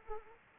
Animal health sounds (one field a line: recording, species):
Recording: mosquito wingbeat signal from an infrared sensor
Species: Anopheles arabiensis